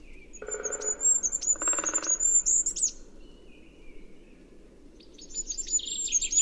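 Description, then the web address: Bird, two harsh rasping bursts beneath high whistled chirps, then a quiet gap and a fresh run of thin twittering notes. "Bird Only"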